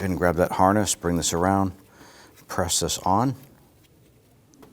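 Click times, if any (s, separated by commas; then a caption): none. A wiring harness connector on a 2017-2020 Hyundai Elantra 2.0L L4 is brought around and pressed toward the alternator's plastic connector socket while someone talks. Faint small ticks come near the end at about 4.5 and 4.6 seconds, but the connector has not seated or locked in yet.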